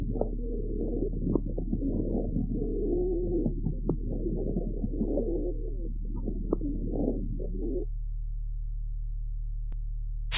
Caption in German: Pferd mit chronisch obstruktiver Bronchitis. Vergleichbaren Patienten ist neben dem deutlichen inspiratorischen trockenen Rasseln und Knistern ein periodisch wiederkehrendes expiratorisches tieffrequentes Giemen hörbar.